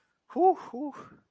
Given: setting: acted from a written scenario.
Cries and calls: vocal sound without words; pride

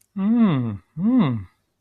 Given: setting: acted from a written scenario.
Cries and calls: vocal sound without words; interest

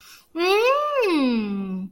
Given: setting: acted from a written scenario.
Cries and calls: vocal sound without words; interest

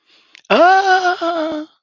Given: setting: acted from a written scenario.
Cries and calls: vocal sound without words; adoration

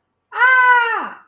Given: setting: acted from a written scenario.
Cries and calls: vocal sound without words; fear

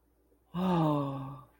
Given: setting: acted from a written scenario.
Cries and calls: vocal sound without words; awe

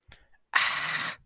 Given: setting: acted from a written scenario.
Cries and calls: vocal sound without words; pain

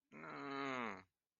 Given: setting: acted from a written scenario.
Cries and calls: vocal sound without words; guilt

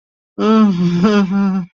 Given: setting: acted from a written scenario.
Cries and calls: vocal sound without words; embarrassment

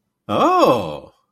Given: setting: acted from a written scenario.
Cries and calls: vocal sound without words; positive surprise

